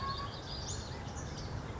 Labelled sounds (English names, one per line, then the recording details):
Western Flycatcher
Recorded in Sonoma County, California